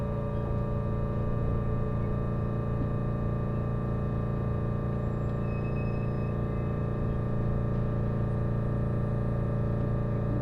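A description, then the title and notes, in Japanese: A Resort Shirakami train runs along the Sea of Japan coast. The engine's low hum holds steady and dense, with a fixed set of tones layered through it. A few thin high whines come and go briefly around the middle and later. 五能線リゾートしらかみ4号 鯵ヶ沢→深浦。リゾートしらかみ4号は鯵ヶ沢から日本海沿いに走っていきます。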